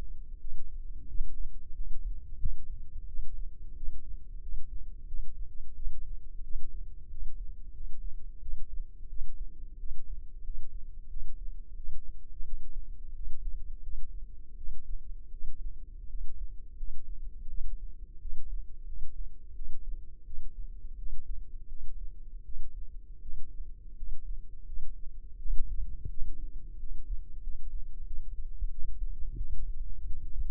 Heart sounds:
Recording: heart sounds by microphone in the left ear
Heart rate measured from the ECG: 87 bpm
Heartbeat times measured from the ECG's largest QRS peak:
0.39 s: heartbeat
1.07 s: heartbeat
1.73 s: heartbeat
2.37 s: heartbeat
3.06 s: heartbeat
3.74 s: heartbeat
4.40 s: heartbeat
5.06 s: heartbeat
5.74 s: heartbeat
6.42 s: heartbeat
7.08 s: heartbeat
7.72 s: heartbeat
8.40 s: heartbeat
9.07 s: heartbeat
9.77 s: heartbeat
10.42 s: heartbeat
11.08 s: heartbeat
11.75 s: heartbeat
12.43 s: heartbeat
13.13 s: heartbeat
13.81 s: heartbeat
14.55 s: heartbeat
15.31 s: heartbeat
16.07 s: heartbeat
16.75 s: heartbeat
17.48 s: heartbeat
18.19 s: heartbeat
18.85 s: heartbeat
19.53 s: heartbeat
20.24 s: heartbeat
20.96 s: heartbeat
21.67 s: heartbeat
22.43 s: heartbeat
23.20 s: heartbeat
23.94 s: heartbeat
24.64 s: heartbeat
25.37 s: heartbeat
26.08 s: heartbeat
26.77 s: heartbeat
27.41 s: heartbeat
28.04 s: heartbeat
28.68 s: heartbeat
29.35 s: heartbeat
30.05 s: heartbeat
From the record:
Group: healthy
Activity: rest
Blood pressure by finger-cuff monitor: 81/56 mmHg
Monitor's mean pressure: 65 mmHg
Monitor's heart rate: 87 bpm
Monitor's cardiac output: 6.8 L/min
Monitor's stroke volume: 78 mL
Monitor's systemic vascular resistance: 670 dyn s/cm5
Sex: female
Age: 19 years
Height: 163 cm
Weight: 48.9 kg

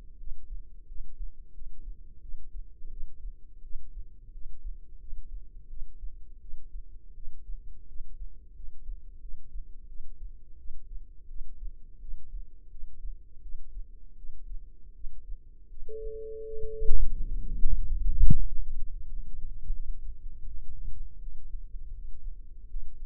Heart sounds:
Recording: heart sounds by microphone in the left ear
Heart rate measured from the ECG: 85 bpm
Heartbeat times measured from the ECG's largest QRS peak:
0.18 s: heartbeat
0.86 s: heartbeat
1.53 s: heartbeat
2.21 s: heartbeat
2.90 s: heartbeat
3.62 s: heartbeat
4.32 s: heartbeat
4.99 s: heartbeat
5.68 s: heartbeat
6.40 s: heartbeat
7.14 s: heartbeat
7.87 s: heartbeat
8.54 s: heartbeat
9.20 s: heartbeat
9.87 s: heartbeat
10.57 s: heartbeat
11.28 s: heartbeat
12.00 s: heartbeat
12.70 s: heartbeat
13.41 s: heartbeat
14.16 s: heartbeat
14.93 s: heartbeat
15.69 s: heartbeat
16.45 s: heartbeat
17.18 s: heartbeat
17.84 s: heartbeat
18.47 s: heartbeat
19.10 s: heartbeat
19.74 s: heartbeat
20.46 s: heartbeat
21.20 s: heartbeat
21.93 s: heartbeat
22.68 s: heartbeat
From the record:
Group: healthy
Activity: rest 0-21 s, Valsalva maneuver 21-23 s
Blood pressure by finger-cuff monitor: 82/49 mmHg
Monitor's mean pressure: 62 mmHg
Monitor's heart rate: 85 bpm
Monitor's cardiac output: 7.9 L/min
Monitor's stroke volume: 92 mL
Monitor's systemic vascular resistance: 550 dyn s/cm5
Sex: female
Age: 22 years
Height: 161 cm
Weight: 65.5 kg

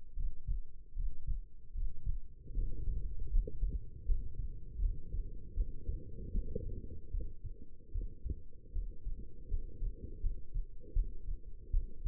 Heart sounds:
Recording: heart sounds by stethoscope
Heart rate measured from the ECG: 78 bpm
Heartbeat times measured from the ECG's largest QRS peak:
0.15 s: heartbeat
0.94 s: heartbeat
1.73 s: heartbeat
2.53 s: heartbeat
3.28 s: heartbeat
4.04 s: heartbeat
4.79 s: heartbeat
5.54 s: heartbeat
6.31 s: heartbeat
7.10 s: heartbeat
7.91 s: heartbeat
8.72 s: heartbeat
9.48 s: heartbeat
10.20 s: heartbeat
10.93 s: heartbeat
11.71 s: heartbeat
From the record:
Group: healthy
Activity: breath hold 0-2 s, rest 2-12 s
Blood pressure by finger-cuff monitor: 120/71 mmHg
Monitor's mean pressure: 86 mmHg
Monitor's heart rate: 77 bpm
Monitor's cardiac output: 6.4 L/min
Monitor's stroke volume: 83 mL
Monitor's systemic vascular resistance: 960 dyn s/cm5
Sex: female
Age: 22 years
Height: 171 cm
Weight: 65.6 kg

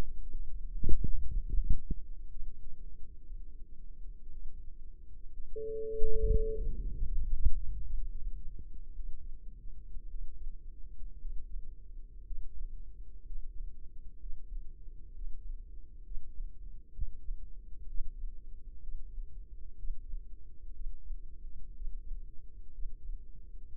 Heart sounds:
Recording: heart sounds by microphone in the left ear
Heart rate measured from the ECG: 62 bpm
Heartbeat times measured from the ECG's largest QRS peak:
0.30 s: heartbeat
1.41 s: heartbeat
2.31 s: heartbeat
3.26 s: heartbeat
4.31 s: heartbeat
5.33 s: heartbeat
6.31 s: heartbeat
7.05 s: heartbeat
7.84 s: heartbeat
8.95 s: heartbeat
10.09 s: heartbeat
11.20 s: heartbeat
12.25 s: heartbeat
13.25 s: heartbeat
14.20 s: heartbeat
15.14 s: heartbeat
16.04 s: heartbeat
16.94 s: heartbeat
17.87 s: heartbeat
18.81 s: heartbeat
19.77 s: heartbeat
20.74 s: heartbeat
21.74 s: heartbeat
22.72 s: heartbeat
23.70 s: heartbeat
From the record:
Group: healthy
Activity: rest 0-6 s, breath hold 6-24 s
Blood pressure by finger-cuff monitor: 93/59 mmHg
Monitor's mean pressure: 69 mmHg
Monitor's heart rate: 62 bpm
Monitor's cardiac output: 4.9 L/min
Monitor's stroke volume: 81 mL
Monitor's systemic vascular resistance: 990 dyn s/cm5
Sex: female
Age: 28 years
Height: 170 cm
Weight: 77 kg

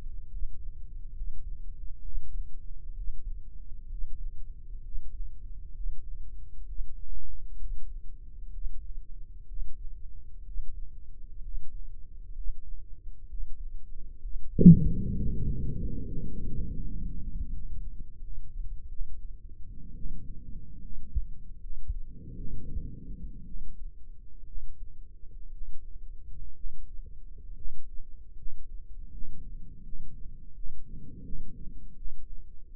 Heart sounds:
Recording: heart sounds by microphone in the right ear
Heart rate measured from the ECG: 68 bpm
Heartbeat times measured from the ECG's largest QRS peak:
0.28 s: heartbeat
1.13 s: heartbeat
2.01 s: heartbeat
2.93 s: heartbeat
3.87 s: heartbeat
4.81 s: heartbeat
5.72 s: heartbeat
6.64 s: heartbeat
7.57 s: heartbeat
8.50 s: heartbeat
9.46 s: heartbeat
10.43 s: heartbeat
11.41 s: heartbeat
12.33 s: heartbeat
13.26 s: heartbeat
14.19 s: heartbeat
15.15 s: heartbeat
16.04 s: heartbeat
16.82 s: heartbeat
17.52 s: heartbeat
18.19 s: heartbeat
18.88 s: heartbeat
19.94 s: heartbeat
20.80 s: heartbeat
21.59 s: heartbeat
22.35 s: heartbeat
23.44 s: heartbeat
24.45 s: heartbeat
25.50 s: heartbeat
26.53 s: heartbeat
27.54 s: heartbeat
28.35 s: heartbeat
29.10 s: heartbeat
29.82 s: heartbeat
30.53 s: heartbeat
31.22 s: heartbeat
31.95 s: heartbeat
From the record:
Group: healthy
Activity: breath hold 0-16 s, rest 16-33 s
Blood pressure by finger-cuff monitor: 130/74 mmHg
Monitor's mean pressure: 91 mmHg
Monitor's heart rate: 65 bpm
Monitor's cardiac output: 7.7 L/min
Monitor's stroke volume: 107 mL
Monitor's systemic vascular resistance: 940 dyn s/cm5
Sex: male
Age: 24 years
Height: 184 cm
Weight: 89 kg

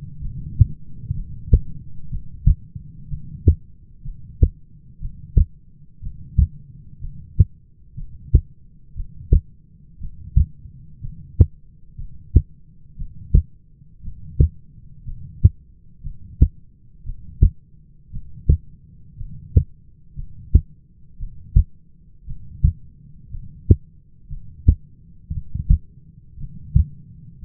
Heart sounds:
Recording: heart sounds by stethoscope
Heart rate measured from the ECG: 60 bpm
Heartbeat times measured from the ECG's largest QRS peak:
0.22 s: heartbeat
1.15 s: heartbeat
2.11 s: heartbeat
3.10 s: heartbeat
4.04 s: heartbeat
5.01 s: heartbeat
6.02 s: heartbeat
7.01 s: heartbeat
7.96 s: heartbeat
8.96 s: heartbeat
10.01 s: heartbeat
11.02 s: heartbeat
11.97 s: heartbeat
12.98 s: heartbeat
14.04 s: heartbeat
15.05 s: heartbeat
16.03 s: heartbeat
17.05 s: heartbeat
18.12 s: heartbeat
19.18 s: heartbeat
20.16 s: heartbeat
21.19 s: heartbeat
22.27 s: heartbeat
23.31 s: heartbeat
24.29 s: heartbeat
25.33 s: heartbeat
26.39 s: heartbeat
27.41 s: heartbeat
From the record:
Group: heart failure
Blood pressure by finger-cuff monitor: 99/59 mmHg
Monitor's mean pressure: 72 mmHg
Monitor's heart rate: 60 bpm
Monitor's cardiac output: 6.7 L/min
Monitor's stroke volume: 110 mL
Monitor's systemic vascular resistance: 760 dyn s/cm5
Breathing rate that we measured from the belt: 15 breaths a minute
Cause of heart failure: dilated cardiomyopathy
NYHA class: 2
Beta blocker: bisoprolol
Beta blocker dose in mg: 10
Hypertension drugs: sacubitril-valsartan, spironolactone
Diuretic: furosemide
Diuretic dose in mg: 40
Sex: male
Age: 29 years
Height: 174 cm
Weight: 92 kg

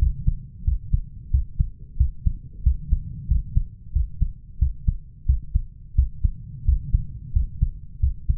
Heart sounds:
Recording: heart sounds by stethoscope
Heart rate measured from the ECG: 90 bpm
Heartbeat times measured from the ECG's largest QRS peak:
0.01 s: heartbeat
0.66 s: heartbeat
1.33 s: heartbeat
1.99 s: heartbeat
2.65 s: heartbeat
3.30 s: heartbeat
3.95 s: heartbeat
4.61 s: heartbeat
5.28 s: heartbeat
5.97 s: heartbeat
6.67 s: heartbeat
7.35 s: heartbeat
8.02 s: heartbeat
From the record:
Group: healthy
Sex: male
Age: 21 years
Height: 175 cm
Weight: 72.6 kg

